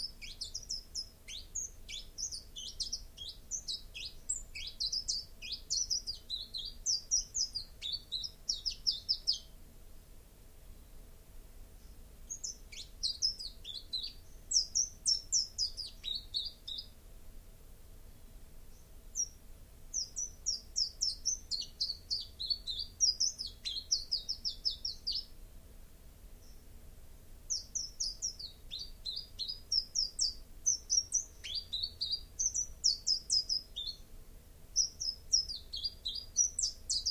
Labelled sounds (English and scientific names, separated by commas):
Common Chiffchaff (Phylloscopus collybita) song